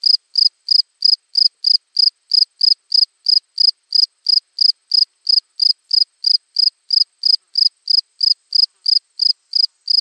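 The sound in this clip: Cricket chirping, short bright chirps repeated steadily about three times a second, with no other sounds.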